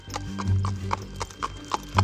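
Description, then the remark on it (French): A small donkey carrying Mary on the journey to Bethlehem in Judea clip-clops along the road in a steady, even rhythm of sharp knocks, about two per second, over a low, sustained droning tone. “Assis sur un petit âne, Marie supporte sans se plaindre tous les chaos de la route.”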